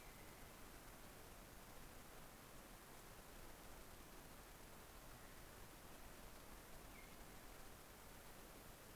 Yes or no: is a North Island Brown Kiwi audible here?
no